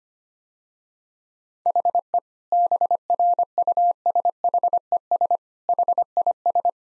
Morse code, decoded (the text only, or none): HE BRUSHES HIS